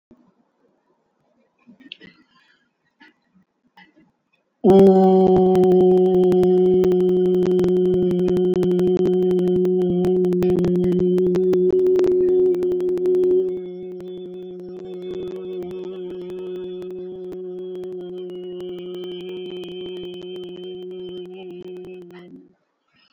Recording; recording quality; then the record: sustained vowel as in boot; moderate, slight background noise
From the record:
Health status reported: COVID-19 positive, mild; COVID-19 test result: positive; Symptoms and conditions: fatigue, loss of smell and taste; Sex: male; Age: 35 years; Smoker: not ticked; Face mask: worn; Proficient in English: yes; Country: India